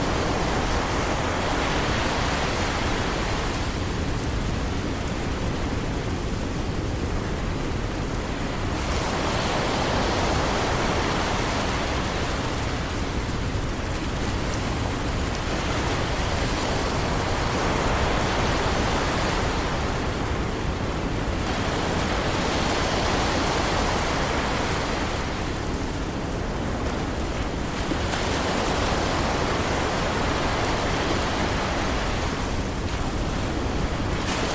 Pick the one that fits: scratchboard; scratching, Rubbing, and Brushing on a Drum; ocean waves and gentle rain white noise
ocean waves and gentle rain white noise